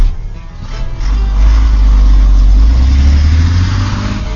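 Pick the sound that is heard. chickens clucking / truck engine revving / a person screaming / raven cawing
truck engine revving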